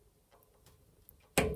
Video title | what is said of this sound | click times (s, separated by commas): My attempt to fit Smartwares SHS-53000 wireless thermostatic radiator valve | just as it gets to a tight point it goes click and then the whole thing goes loose | 1.4 s